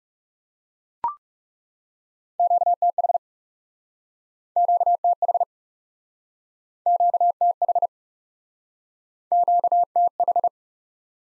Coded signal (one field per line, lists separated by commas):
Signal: Morse code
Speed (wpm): 40 wpm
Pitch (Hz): 700 Hz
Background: none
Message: QTH QTH QTH QTH